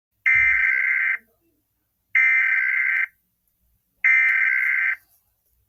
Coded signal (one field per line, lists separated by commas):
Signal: Emergency Alert System (SAME) tones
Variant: header bursts